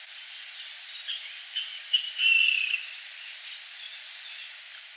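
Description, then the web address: Rail call: a few scattered sharp notes building to a long, rasping squeal, then fading back to a faint hiss. "aves rall"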